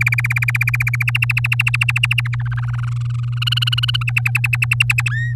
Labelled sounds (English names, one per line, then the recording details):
Domestic Canary song
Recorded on 8 May 2018 at 14:24
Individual llb16